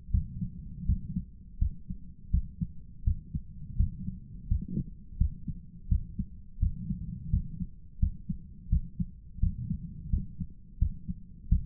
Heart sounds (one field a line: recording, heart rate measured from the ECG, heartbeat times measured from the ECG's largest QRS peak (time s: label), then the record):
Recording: heart sounds by stethoscope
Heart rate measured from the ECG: 84 bpm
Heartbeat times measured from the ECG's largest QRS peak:
0.10 s: heartbeat
0.85 s: heartbeat
1.58 s: heartbeat
2.30 s: heartbeat
3.03 s: heartbeat
3.75 s: heartbeat
4.47 s: heartbeat
5.17 s: heartbeat
5.87 s: heartbeat
6.58 s: heartbeat
7.29 s: heartbeat
7.98 s: heartbeat
8.68 s: heartbeat
9.39 s: heartbeat
10.09 s: heartbeat
10.78 s: heartbeat
11.48 s: heartbeat
From the record:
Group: healthy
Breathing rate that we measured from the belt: 20 breaths a minute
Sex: male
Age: 57 years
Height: 188 cm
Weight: 106 kg